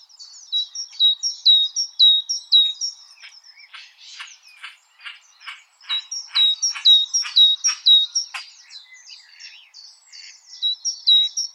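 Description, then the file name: Great tit song: two-note phrases repeating, interrupted midway by a series of short dry clicking notes, then the phrases return. "Parus major"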